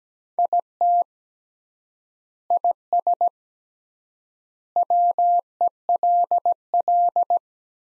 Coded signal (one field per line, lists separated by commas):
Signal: Morse code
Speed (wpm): 17 wpm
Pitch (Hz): 700 Hz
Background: none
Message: IT IS WELL